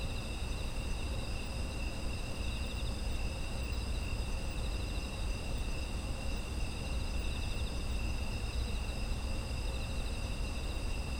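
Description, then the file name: Several insects sing at once, high buzzing trills holding steady the whole time, beneath them a continuous low droning noise. Autumn insect ambience, presented as background sound. "秋の虫の環境音"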